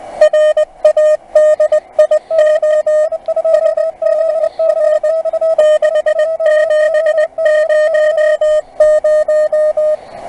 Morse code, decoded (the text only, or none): RADIO SDR 6700